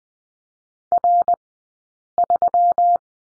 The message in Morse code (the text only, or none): R3